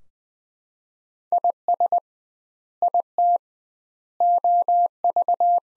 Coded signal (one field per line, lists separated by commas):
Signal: Morse code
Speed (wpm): 21 wpm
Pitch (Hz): 700 Hz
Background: none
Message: IS IT OV